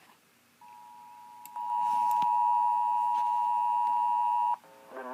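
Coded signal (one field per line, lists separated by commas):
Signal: Emergency Alert System (SAME) tones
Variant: 853 and 960 Hz attention tone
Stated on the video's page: Real Severe Thunderstorm Warning from NWS Lubbock.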